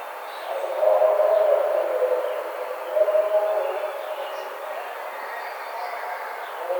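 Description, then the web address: Barred owl giving low, drawn-out hooting notes, a longer phrase near the start and a shorter one after a pause. Recorded on 4 May 2009. "Barred Owl 2009 05 04"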